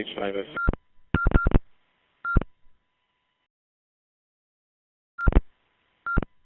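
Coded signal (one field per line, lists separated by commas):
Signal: none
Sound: repeater courtesy beeps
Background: speech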